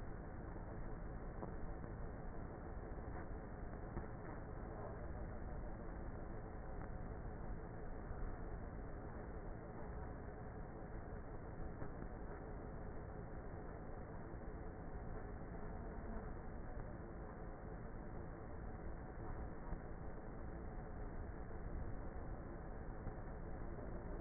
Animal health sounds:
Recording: honeybee colony, microphone inside the hive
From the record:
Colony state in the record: queenless with a low population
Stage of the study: before two queens were removed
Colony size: about 30,000 bees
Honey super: no

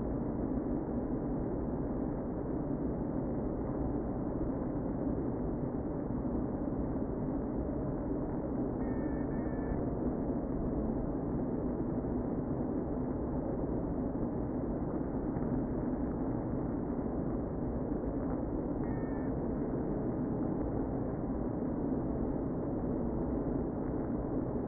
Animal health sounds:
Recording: honeybee colony, microphone inside the hive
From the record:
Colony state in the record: queen present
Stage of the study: before two queens were removed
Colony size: about 60,000 bees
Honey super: yes

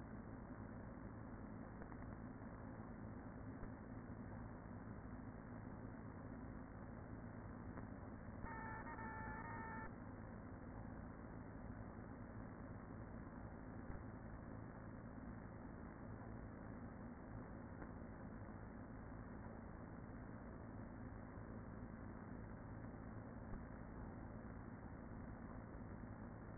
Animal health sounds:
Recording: honeybee colony, microphone inside the hive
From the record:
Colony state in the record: queen present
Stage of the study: after two queens were removed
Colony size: about 40,000 bees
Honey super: no

